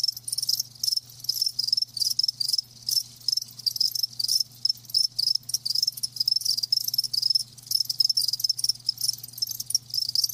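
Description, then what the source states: Crickets chirping steadily, rapid high pulses in close-packed bursts with only tiny breaks, a faint low hum in the background. Live crickets chirping.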